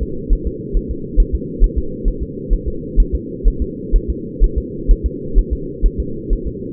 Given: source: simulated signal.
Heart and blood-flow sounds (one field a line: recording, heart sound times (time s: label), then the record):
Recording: fetal heart sounds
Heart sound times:
0.03 s: S2
0.33 s: S1
0.47 s: S2
0.77 s: S1
0.91 s: S2
1.20 s: S1
1.35 s: S2
1.64 s: S1
1.78 s: S2
2.08 s: S1
2.23 s: S2
2.53 s: S1
2.68 s: S2
3.00 s: S1
3.15 s: S2
3.48 s: S1
3.62 s: S2
3.96 s: S1
4.10 s: S2
4.44 s: S1
4.58 s: S2
4.91 s: S1
5.06 s: S2
5.39 s: S1
5.53 s: S2
5.86 s: S1
6.00 s: S2
6.33 s: S1
6.47 s: S2
From the record:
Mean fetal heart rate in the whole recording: 130 bpm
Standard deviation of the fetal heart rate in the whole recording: 4 bpm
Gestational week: 38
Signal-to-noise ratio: -4.3 dB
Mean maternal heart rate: 72 bpm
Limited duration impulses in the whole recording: present